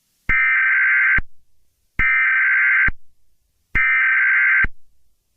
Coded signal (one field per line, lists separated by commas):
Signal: Emergency Alert System (SAME) tones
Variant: header bursts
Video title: EAS: Restaurant killings and robberies Part 3